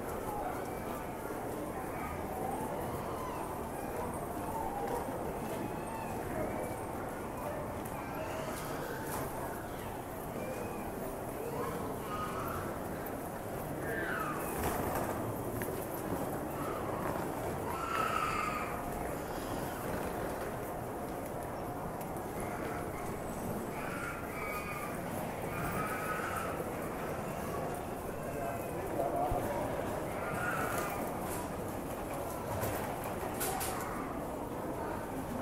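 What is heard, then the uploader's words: A busy station hums with a steady, dense wash of overlapping voices and low rumble throughout. Brief brighter sounds cut in now and then, including sharp bursts near 15 and 30 seconds and a short squeal around 18 seconds. It is a recording of a busy train station. You can hear the hustle and bustle of the station, people talking, trains coming and going, and other ambient noise.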